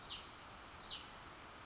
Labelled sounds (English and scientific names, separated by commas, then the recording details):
Hutton's Vireo (Vireo huttoni)
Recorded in Sonoma County, California